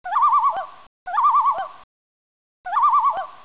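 Loon tremolo call: a quavering note held near one pitch, ending in a short flick, given three times, the last after a longer pause.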